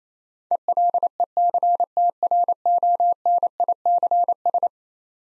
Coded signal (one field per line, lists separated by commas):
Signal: Morse code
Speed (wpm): 27 wpm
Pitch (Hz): 700 Hz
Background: none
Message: ELECTRONICS